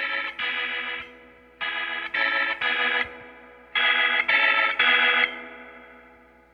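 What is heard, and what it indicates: Bright, buzzy electronic tones sound in short runs: two tones, then three, then three more, each run separated by brief pauses and fading with a slight echo. These are the tones of a neonatal ventilator in two modes.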